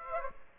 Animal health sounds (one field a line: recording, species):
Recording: mosquito wingbeat signal from an infrared sensor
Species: Aedes aegypti